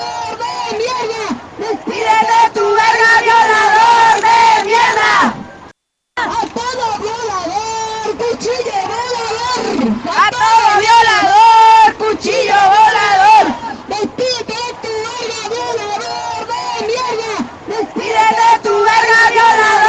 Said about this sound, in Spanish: ¡Aquí está la Resistencia 3! ¡El contingente trans con toda avanzando de manera de forma! ¡Lleno de gente! ¡Se siente el ánimo! ¡Se sienten los gritos de emoción!